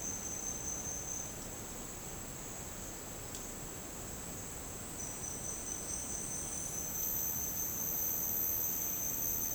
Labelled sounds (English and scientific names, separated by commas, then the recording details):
none
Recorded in secondary vegetation near Puerto Asís, Putumayo, Colombia, on 13 March 2025 at 11:00
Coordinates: 0.485, -76.322
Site G040